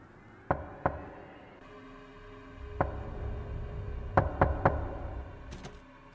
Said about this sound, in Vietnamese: Trong không gian ấy, bỗng nhiên cánh cửa buồng vang lên tiếng gõ cứ ba nhịp một, cộc cộc cộc.